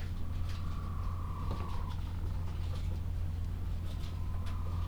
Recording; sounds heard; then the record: poultry house recording; sick chickens (respiratory disease)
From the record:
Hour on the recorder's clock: 12